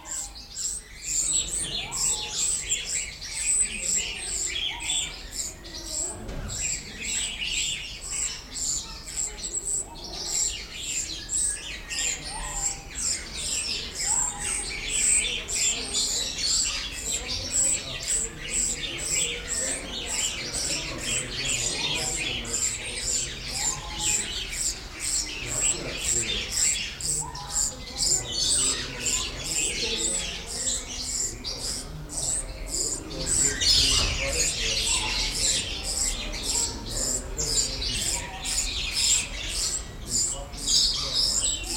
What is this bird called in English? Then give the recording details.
Grosbeak Starling. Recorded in captivity. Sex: male. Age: adult. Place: Zoo Berlin, Berlin, DE. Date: 1994-09-10 11:45. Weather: bedeckt, 15°C, z.T. Regen. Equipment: Marantz CP 430, Sennheiser ME 80, Kopie Uher Variocord 263. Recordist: Tembrock, Günter. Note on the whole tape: Balzfolge (zuletzt die hohen Laute)